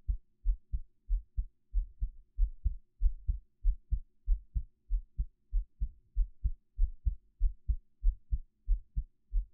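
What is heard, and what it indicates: A normal adult heartbeat, picked up with a 3Dio binaural microphone, with no talking.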